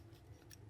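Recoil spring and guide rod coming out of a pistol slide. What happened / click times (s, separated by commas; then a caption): The spring and rod assembly popped free / 0.5 s. During field stripping of a Ruger LC9s/EC9s pistol slide, the recoil spring and guide rod assembly is compressed and pops free of the slide. A short, sharp pop is heard at 0.5 s over a low steady hum, and the spring and guide rod come right out.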